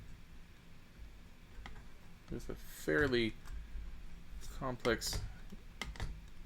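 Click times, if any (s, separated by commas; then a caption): none. A plastic Technic part is pressed onto the door assembly of a Lego Technic Porsche 911 GT3 RS (42056) model car while someone talks. Short, sharp plastic ticks are heard at about 1.7, 5.8 and 6.0 seconds as the part is handled and strained into position. Nothing has seated or clicked home yet.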